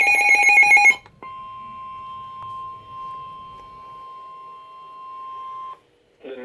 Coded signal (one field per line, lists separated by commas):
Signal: Emergency Alert System (SAME) tones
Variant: 1050 Hz attention tone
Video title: Severe Thunderstorm Warning (EAS #92)